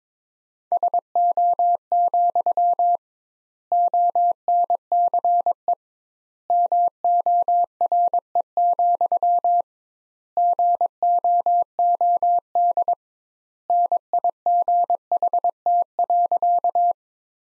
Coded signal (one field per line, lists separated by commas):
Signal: Morse code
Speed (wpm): 22 wpm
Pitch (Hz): 700 Hz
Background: none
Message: SO, ONCE MORE, GOOD NIGHT.